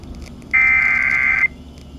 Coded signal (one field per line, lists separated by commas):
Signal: Emergency Alert System (SAME) tones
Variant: header bursts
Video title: Severe Thunderstorm Warning #1 (5/1/24) (New EAS 440)